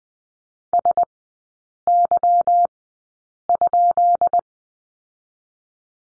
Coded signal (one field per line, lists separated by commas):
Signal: Morse code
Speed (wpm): 20 wpm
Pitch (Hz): 700 Hz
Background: none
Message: SY?